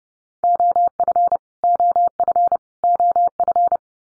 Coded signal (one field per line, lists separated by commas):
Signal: Morse code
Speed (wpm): 28 wpm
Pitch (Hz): 700 Hz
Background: none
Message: OF OF OF